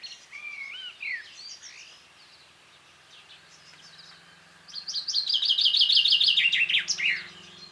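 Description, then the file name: Common chaffinch song: a few thin introductory notes, then a loud, quickly repeated descending trill that ends in a short flourish. "Fringilla coelebs"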